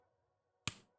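An NK Cream mechanical keyboard switch that was not fully seated is pressed down into its hotswap PCB socket on a Savage65 keyboard. After near silence, a single sharp, loud click is heard at 0.7 s and fades quickly. The switch is now seated.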